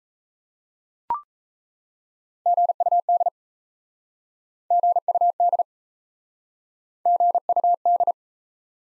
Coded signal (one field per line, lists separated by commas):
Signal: Morse code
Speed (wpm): 38 wpm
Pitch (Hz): 700 Hz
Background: none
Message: GUD GUD GUD